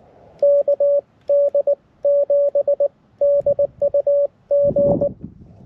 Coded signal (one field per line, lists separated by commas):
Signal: Morse code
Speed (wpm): 20 wpm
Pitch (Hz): 570 Hz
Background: radio noise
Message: KD7DUG